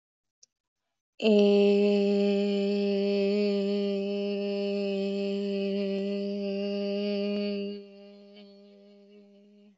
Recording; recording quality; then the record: sustained vowel as in made; excellent, no background noise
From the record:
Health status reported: healthy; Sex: female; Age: 22 years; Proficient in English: yes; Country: India